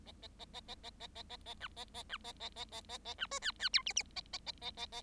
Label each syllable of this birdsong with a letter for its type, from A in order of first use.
A A A A A A A A A A B A A B A A A A A A B C D D E F F A A A A A A